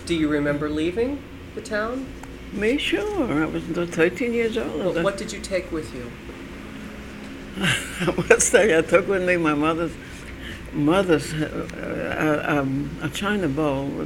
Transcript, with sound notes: Do you remember leaving the town?
Me? Sure. I was thirteen years old.
What did you take with you?
(She chuckles) I'll say I took with me my mother's, mother's, a china bowl.